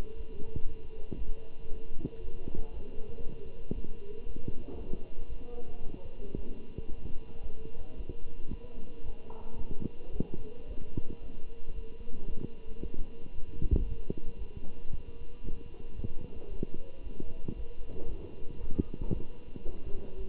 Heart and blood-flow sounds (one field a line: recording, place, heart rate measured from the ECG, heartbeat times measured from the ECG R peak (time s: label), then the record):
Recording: heart sounds by stethoscope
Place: between the tricuspid and mitral areas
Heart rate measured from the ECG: 114 bpm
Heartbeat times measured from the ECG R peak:
0.15 s: heartbeat
0.66 s: heartbeat
1.17 s: heartbeat
1.69 s: heartbeat
2.20 s: heartbeat
2.72 s: heartbeat
3.22 s: heartbeat
3.74 s: heartbeat
4.25 s: heartbeat
4.76 s: heartbeat
5.28 s: heartbeat
5.81 s: heartbeat
6.34 s: heartbeat
6.88 s: heartbeat
7.41 s: heartbeat
7.95 s: heartbeat
8.49 s: heartbeat
9.03 s: heartbeat
9.57 s: heartbeat
10.11 s: heartbeat
10.66 s: heartbeat
11.20 s: heartbeat
11.74 s: heartbeat
12.27 s: heartbeat
12.80 s: heartbeat
13.33 s: heartbeat
13.84 s: heartbeat
14.37 s: heartbeat
14.89 s: heartbeat
15.42 s: heartbeat
15.94 s: heartbeat
16.48 s: heartbeat
17.01 s: heartbeat
17.55 s: heartbeat
18.07 s: heartbeat
18.59 s: heartbeat
19.12 s: heartbeat
19.64 s: heartbeat
20.16 s: heartbeat
From the record:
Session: Bruce protocol treadmill stress test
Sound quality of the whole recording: good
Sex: male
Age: 23 years